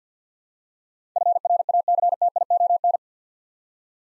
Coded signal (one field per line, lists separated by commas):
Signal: Morse code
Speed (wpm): 50 wpm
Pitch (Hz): 700 Hz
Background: none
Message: FRACTION